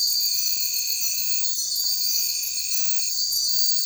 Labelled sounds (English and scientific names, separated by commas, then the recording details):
none
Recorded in secondary vegetation near Puerto Asís, Putumayo, Colombia, on 9 March 2025 at 03:30
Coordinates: 0.499, -76.323
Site G094